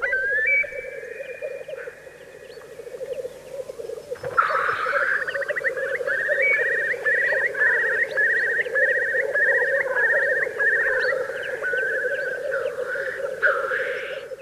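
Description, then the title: Eurasian curlew calling: an opening whistle, then a long run of quavering notes ending with a rising whistle, over a steady low drone. "Viikon luontoääni: Kuovi"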